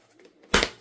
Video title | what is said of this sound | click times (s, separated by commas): UNBOXING: Bona Floor Spray Mop @CoastalCraftFilAm | So you have to wait for that clicking. | 0.5 s